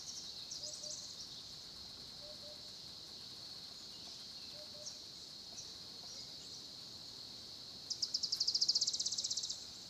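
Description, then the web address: Crickets trilling in a steady high-pitched chorus, with a louder buzzy pulsed burst near the end and a few faint chirps in the background. South African crickets at a small pond, Olifants, Kruger, South Africa, recorded at 10:30 am; background ambience. "Tonschliff - SOUTH AFRICAN CRICKETS BG South Africa Kruger Olifants 1030 am small pond"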